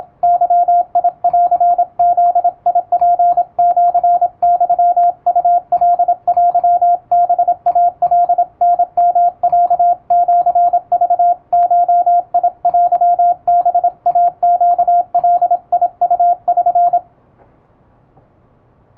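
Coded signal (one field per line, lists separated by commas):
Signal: Morse code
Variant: Japanese Wabun code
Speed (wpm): 27 wpm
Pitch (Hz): 700 Hz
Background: radio noise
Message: ゲンブツシユウカテハイカタヨロシクゴテハイネガウ<SN>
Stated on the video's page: Morse sent at speed with an electronic keyer, Japanese telegram practice text for radiotelegraph operator receiving exam practice.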